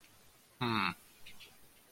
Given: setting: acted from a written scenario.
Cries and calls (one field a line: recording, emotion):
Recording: vocal sound without words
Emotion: neutral